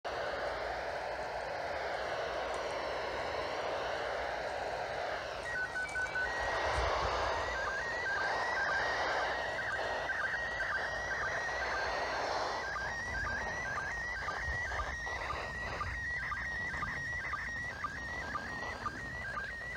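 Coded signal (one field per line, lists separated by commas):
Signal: SSTV (slow-scan television)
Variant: PD120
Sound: hissy noise, then a warbling tone hopping between two pitches with quick regular dips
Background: radio static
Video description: they use 145.800 down, hold the monitor button, and use a SSTV decoding app to process it, today's event was in format PD120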